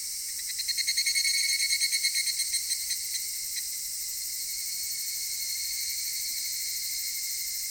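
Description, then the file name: Cicada song: a loud, rapidly pulsed buzzing burst over the first three seconds, then settling into a steady, high, unbroken drone of many insects. Recorded in Japan. "Cigales nippon"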